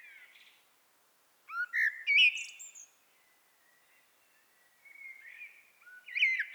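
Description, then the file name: Common blackbird song: a short fluted warble of low whistled notes ending in high squeaky twitters, with a quieter start and a fresh phrase beginning near the end. "Turdus merula"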